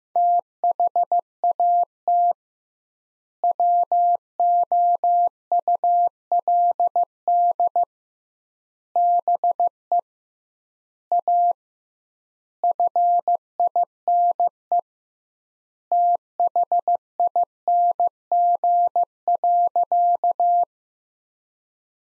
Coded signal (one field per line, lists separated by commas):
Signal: Morse code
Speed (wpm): 15 wpm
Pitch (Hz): 700 Hz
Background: none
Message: THAT WOULD BE A FINE THING.